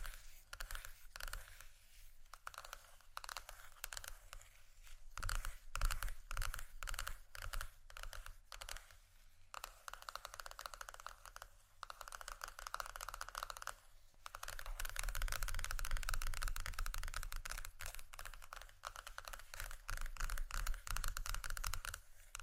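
Scratchy tapping in quick, irregular bursts of sharp clicks, with many close-together hits and brief pauses around five and fourteen seconds. After about fourteen seconds the scratching turns denser and steadier, a rough continuous rasp under the taps. A low rumble runs throughout.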